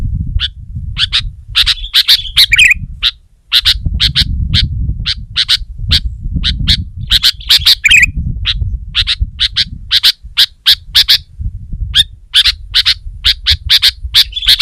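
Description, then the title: Sooty-headed bulbul repeating harsh, sharp notes in fast runs with occasional squeaky warbles, against a persistent low rumbling hum. "kutilang"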